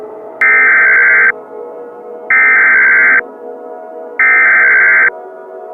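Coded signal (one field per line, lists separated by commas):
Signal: Emergency Alert System (SAME) tones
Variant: header bursts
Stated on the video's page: Simulated EAS scenario in a fictional film, not a real alert.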